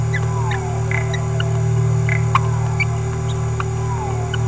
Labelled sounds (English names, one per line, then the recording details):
Green-rumped Parrotlet babbling
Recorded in a nest box in Venezuela
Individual 18B17A4